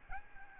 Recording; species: mosquito wingbeat signal from an infrared sensor; Aedes albopictus